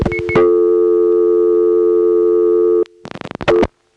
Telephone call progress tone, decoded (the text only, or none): dial tone